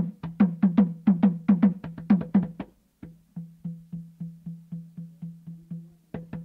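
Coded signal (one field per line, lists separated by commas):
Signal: talking drum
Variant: Saramaka apinti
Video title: Apínti: Talking drum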